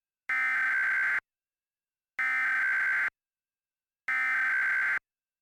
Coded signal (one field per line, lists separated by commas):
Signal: Emergency Alert System (SAME) tones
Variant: header bursts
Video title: EAS Mock #2 "Fazbear's Escape"